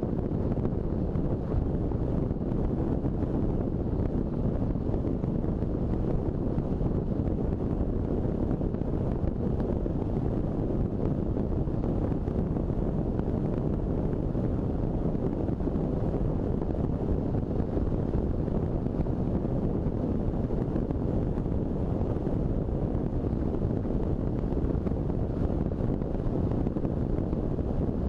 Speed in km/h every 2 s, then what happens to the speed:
55, 55, 55, 55, 55, 54, 54, 54, 55, 54, 53, 53, 53, 53.
0-28 steady at about 54.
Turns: none.